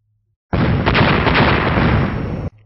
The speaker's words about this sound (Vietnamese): Sau 4 tiếng nổ long trời vang lên, không gian bên cạnh đám mây máu chợt dao động, rồi thình lình hiện ra 4 cái tòa đài màu ngâm đen.